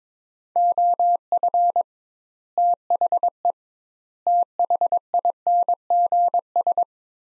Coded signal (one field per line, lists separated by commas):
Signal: Morse code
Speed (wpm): 22 wpm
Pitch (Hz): 700 Hz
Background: none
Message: OF THE THINGS